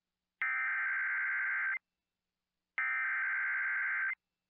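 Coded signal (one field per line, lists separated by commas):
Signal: Emergency Alert System (SAME) tones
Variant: header bursts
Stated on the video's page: NOAA Weather Radio alerts from Sioux Falls during a derecho.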